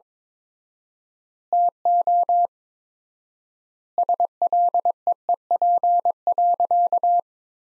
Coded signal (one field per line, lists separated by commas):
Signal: Morse code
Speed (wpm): 22 wpm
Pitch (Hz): 700 Hz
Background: none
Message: TO SLEEP.